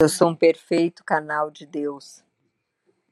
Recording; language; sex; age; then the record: short text; Brazilian Portuguese; female; 40 to 49 years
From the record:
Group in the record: control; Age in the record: 43 years